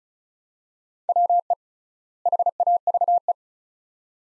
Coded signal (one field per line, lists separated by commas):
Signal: Morse code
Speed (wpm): 34 wpm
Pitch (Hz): 700 Hz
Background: none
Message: WE HAVE